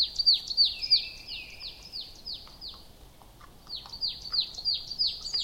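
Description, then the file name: Marsh tit giving rapid runs of high, clipped, downward-sweeping notes, interrupted by a short lower, flatter phrase before the fast series resumes. "Poecile palustris"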